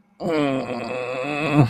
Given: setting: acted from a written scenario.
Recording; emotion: vocal sound without words; pain